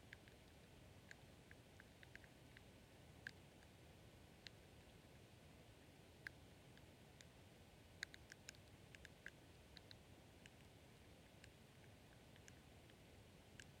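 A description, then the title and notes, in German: A carp pond at night, with a steady low murmur running unbroken underneath. Short, sharp ticks and clicks pop up irregularly throughout, a little more often around the eighth and ninth seconds, like drips or small splashes. Unterwasser-Karpfen. Die erste Aufnahme mit meinem Unterwasser-Mikrophon: Ein Karpfenteich in der Nacht. Es war kein Regen und der Bach, der Wasser nachlieferte, war versiegt.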